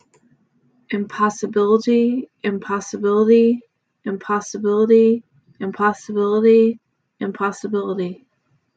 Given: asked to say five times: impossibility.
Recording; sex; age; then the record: repeated word; female; 30 to 39 years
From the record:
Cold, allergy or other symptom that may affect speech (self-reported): no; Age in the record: 37 years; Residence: California, United States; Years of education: 16